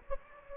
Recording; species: mosquito wingbeat signal from an infrared sensor; Anopheles gambiae